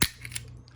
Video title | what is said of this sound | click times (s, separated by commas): HOW TO: flush mount your Honda horn button. Original write up on S2Ki by @_Chrislum_ | yep, popped out. | 0.0 s